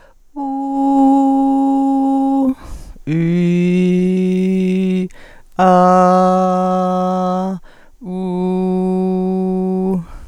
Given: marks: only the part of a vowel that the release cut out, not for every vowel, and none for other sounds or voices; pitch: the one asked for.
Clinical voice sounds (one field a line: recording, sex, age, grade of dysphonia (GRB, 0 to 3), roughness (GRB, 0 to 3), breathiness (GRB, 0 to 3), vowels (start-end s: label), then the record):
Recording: sustained vowels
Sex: female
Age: 50 to 59 years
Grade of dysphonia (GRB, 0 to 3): 0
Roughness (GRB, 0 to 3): 0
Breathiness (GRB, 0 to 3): 0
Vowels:
0.76-2.25 s: vowel /u/, high pitch
3.48-4.97 s: vowel /i/, low pitch
5.64-7.40 s: vowel /a/, low pitch
8.21-9.91 s: vowel /u/, low pitch
From the record:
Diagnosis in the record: healthy voice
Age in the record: 55 years